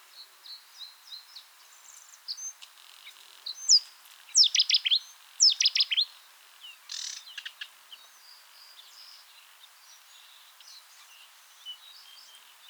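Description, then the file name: Sedge warbler song in a looser phrase: scattered ticks, then sharp descending whistled notes around the middle, followed by a harsh churr and quieter chattering. Recorded 29 April 2017 in the Seine Estuary nature reserve, France. "Acrocephalus-schoenobaenus 2 76 RNN-Estuaire-Seine"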